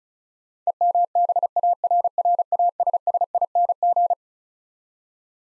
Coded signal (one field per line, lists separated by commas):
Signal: Morse code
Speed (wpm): 36 wpm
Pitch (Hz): 700 Hz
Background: none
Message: EMBARRASSING